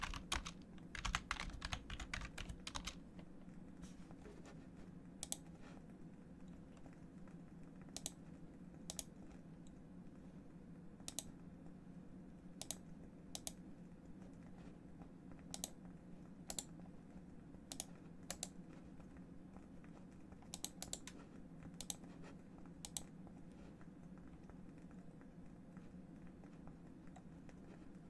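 Keyboard keys clatter in a quick burst at the start, then sparse sharp clicks every second or two over a low steady hum.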